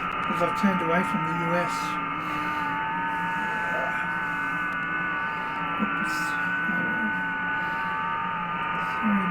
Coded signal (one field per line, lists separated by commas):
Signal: FT8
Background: speech